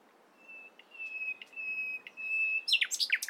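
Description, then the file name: Common nightingale song: steady drawn-out whistles on one pitch broken by brief clicks, then abrupt loud rich notes at the end. "Luscinia megarhynchos"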